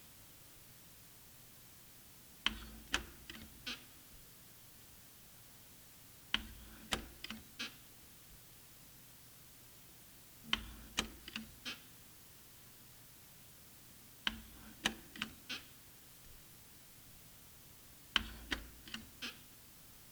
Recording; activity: daily activity, guitar pickup as the sensor; manipulate door